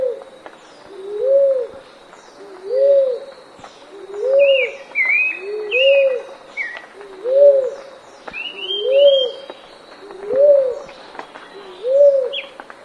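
Dove song of paired low coos that swell and fade, steadily repeated roughly every second and a half, while other small birds give short twittering notes above.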